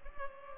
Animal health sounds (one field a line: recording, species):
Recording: mosquito wingbeat signal from an infrared sensor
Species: Culex pipiens